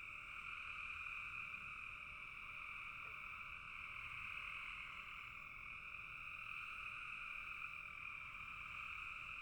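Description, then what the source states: Frog chorus, an unbroken buzzing drone of many overlapping callers holding steady throughout. Frogs calling in a bog.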